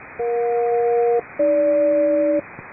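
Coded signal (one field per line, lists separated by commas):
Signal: aircraft SELCAL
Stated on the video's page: HF SELCAL samples from military and civilian aircraft: USB with carrier, two pairs of tones, recorded in Fort Collins, Colorado.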